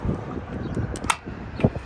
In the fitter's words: and then check out the satisfying click is